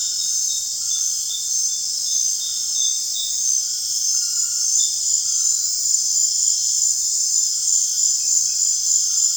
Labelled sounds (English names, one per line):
none